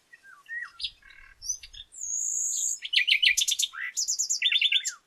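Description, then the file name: Common nightingale song: varied phrases with slurred notes, a long sustained high whistle, then fast repeated chirping notes in rapid series. "Luscinia megarhynchos"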